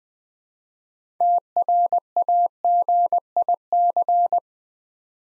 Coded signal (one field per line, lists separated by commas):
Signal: Morse code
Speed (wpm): 20 wpm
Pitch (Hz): 700 Hz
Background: none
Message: TRAGIC